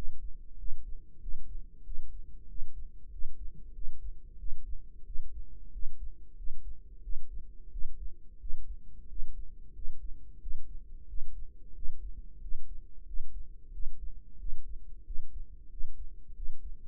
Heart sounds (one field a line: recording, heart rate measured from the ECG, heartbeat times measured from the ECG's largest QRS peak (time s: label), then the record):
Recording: heart sounds by microphone in the right ear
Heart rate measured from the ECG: 91 bpm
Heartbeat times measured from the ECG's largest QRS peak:
0.59 s: heartbeat
1.22 s: heartbeat
1.86 s: heartbeat
2.49 s: heartbeat
3.12 s: heartbeat
3.75 s: heartbeat
4.39 s: heartbeat
5.06 s: heartbeat
5.73 s: heartbeat
6.38 s: heartbeat
7.03 s: heartbeat
7.72 s: heartbeat
8.41 s: heartbeat
9.10 s: heartbeat
9.75 s: heartbeat
10.41 s: heartbeat
11.09 s: heartbeat
11.76 s: heartbeat
12.42 s: heartbeat
13.07 s: heartbeat
13.73 s: heartbeat
14.40 s: heartbeat
15.06 s: heartbeat
15.71 s: heartbeat
16.36 s: heartbeat
From the record:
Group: healthy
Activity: rest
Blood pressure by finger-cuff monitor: 144/75 mmHg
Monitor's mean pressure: 94 mmHg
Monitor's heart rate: 91 bpm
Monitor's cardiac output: 8 L/min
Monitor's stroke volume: 88 mL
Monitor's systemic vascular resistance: 860 dyn s/cm5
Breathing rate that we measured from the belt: 18 breaths a minute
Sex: male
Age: 21 years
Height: 175 cm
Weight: 72.6 kg